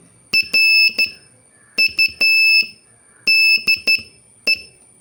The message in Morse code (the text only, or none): RUDE